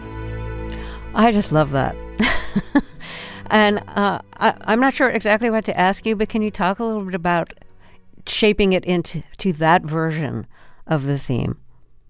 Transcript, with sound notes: I just love that (laughter). And I'm not sure exactly what to ask you, but can you talk a little bit about shaping it into that version of the theme?